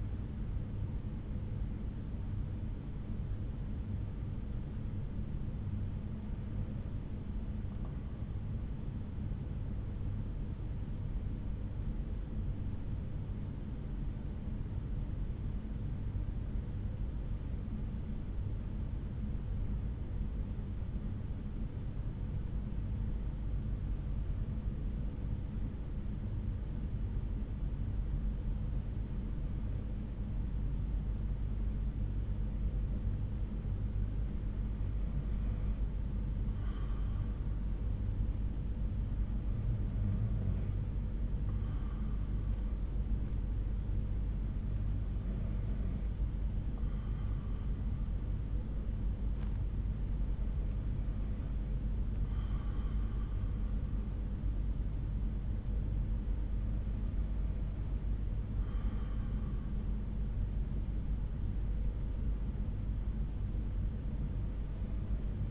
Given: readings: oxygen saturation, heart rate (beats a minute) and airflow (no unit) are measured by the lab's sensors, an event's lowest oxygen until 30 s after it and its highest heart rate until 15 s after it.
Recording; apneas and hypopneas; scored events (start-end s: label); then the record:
breathing in sleep by a smartphone at the bedside; 1
10.00-30.30 s: hypopnea (N1, oxygen 96% highest, then 93% lowest)
15.00-65.51 s: new sleep stage, N2 (light sleep)
From the record:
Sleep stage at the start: N1 (lightest sleep); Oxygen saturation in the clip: 92 to 96%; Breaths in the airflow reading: 10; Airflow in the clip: -5.0 to 4.6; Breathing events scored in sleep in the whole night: 368 in 8.0 hours asleep